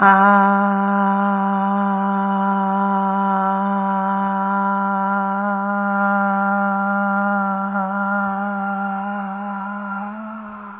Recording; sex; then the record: sustained vowel /a/; female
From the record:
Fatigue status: fatigue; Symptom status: symptomatic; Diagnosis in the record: COVID-19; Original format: 3gp